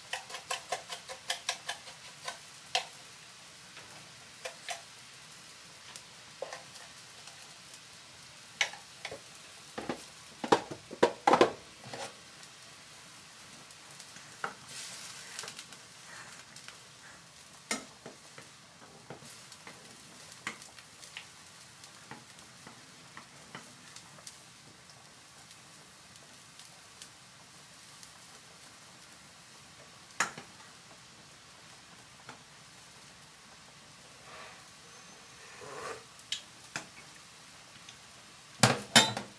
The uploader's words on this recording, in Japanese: 環境音 弁当用につくりおき。